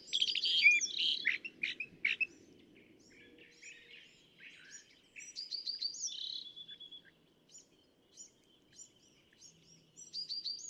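California thrasher song, busy scratchy phrases then sparser clear notes and short trills, with background noise early on.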